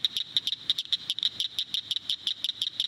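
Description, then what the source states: Cricket frog calling: a rapid series of sharp, high clicks, steady and even throughout. Heard in June in Brown County, Indiana; call likened to little castanets, little clicking noises.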